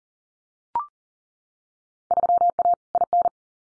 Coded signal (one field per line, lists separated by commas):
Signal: Morse code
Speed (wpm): 40 wpm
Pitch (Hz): 700 Hz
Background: none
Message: 3A IN